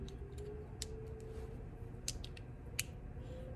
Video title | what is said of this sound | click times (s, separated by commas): BUILDING 6.0 POWERSTROKE INJECTORS! DIY 155/30%! | snap into place just like that | 2.8 s